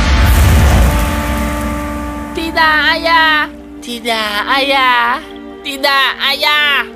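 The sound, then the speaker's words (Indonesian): A loud bursting explosion effect for Max's belly bursting in a fairy tale opens with a deep, rumbling boom that fades over about two seconds, followed by several high, wavering vocal cries. “Tapi itu sudah terlambat. Perut Max meledak.”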